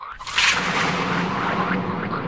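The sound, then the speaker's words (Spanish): Thunder breaks in with a sudden crack and then rolls on as a steady, broad rumble for about two seconds, loud and unbroken, with no voices. “Truenos.”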